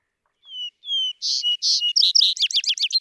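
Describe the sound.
Vesper sparrow singing two long clear whistles followed by harsh buzzy notes and a quick jumbled trill, cut off at the end.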